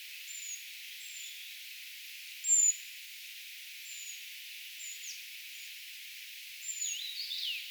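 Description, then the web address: Eurasian treecreeper calls: sparse, thin, high-pitched notes spaced a second or so apart, one louder squeak early on, and a brief buzzy twitter at the end. Brood of young calling, recorded 4 June 2025; identification given as tentative. "paivat 4 6 2025 tietaakseni puukiipijapesueen aantelya"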